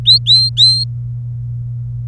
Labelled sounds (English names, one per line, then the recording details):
Domestic Canary song
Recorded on 26 April 2018 at 18:28
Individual llb3